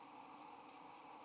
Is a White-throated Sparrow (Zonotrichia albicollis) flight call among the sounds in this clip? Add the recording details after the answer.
yes. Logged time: 09:10 on 3 November 2014